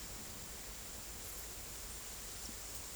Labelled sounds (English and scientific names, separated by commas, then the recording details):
none
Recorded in secondary vegetation near Puerto Asís, Putumayo, Colombia, on 22 December 2024 at 13:30
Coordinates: 0.468, -76.324
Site G095